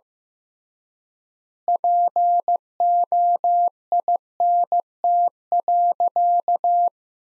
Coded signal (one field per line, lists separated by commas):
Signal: Morse code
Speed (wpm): 16 wpm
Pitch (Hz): 700 Hz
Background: none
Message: POINT.